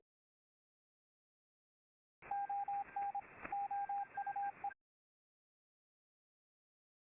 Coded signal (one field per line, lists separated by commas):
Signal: Morse code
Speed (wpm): 26 wpm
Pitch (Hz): 800 Hz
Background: none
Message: ON OUE